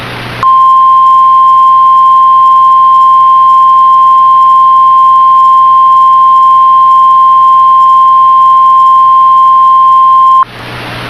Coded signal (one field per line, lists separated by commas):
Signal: Emergency Alert System (SAME) tones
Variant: 1050 Hz attention tone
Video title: EAS Recreation Mock: 8-4-10: Please stop flushing toilets (Blurred)